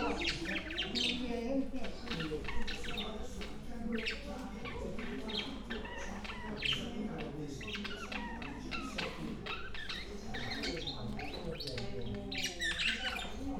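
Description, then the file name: Parakeets calling in a busy group, scratchy chatter and sharp squeaky notes crowded together without pause, with a low droning hum underneath. "perruches"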